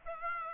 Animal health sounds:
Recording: mosquito wingbeat signal from an infrared sensor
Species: Aedes aegypti

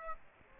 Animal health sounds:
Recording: mosquito wingbeat signal from an infrared sensor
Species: Aedes aegypti

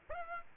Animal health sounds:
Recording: mosquito wingbeat signal from an infrared sensor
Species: Aedes aegypti

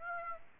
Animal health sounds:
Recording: mosquito wingbeat signal from an infrared sensor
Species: Aedes aegypti

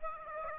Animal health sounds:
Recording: mosquito wingbeat signal from an infrared sensor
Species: Aedes aegypti

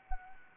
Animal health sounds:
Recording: mosquito wingbeat signal from an infrared sensor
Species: Anopheles arabiensis

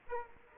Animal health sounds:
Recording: mosquito wingbeat signal from an infrared sensor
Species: Aedes aegypti

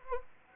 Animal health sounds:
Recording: mosquito wingbeat signal from an infrared sensor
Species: Anopheles arabiensis

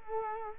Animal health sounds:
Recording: mosquito wingbeat signal from an infrared sensor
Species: Culex quinquefasciatus

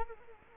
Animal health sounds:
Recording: mosquito wingbeat signal from an infrared sensor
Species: Culex quinquefasciatus

